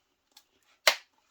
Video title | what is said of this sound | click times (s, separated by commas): Акумуляторний інструмент Grand, Болгарка, Пила, Дискова пила, Шабельна пила, Фарборозпилювач, Лобзик | все зафіксувалась | 0.9 s